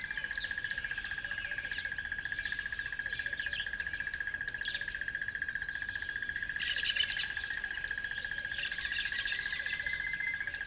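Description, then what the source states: Birds chirping and trilling together in a busy chorus, with rapid repeated notes and a constant pulsing drone underneath. At dawn on a river bed.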